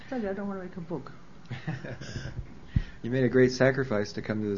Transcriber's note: laughs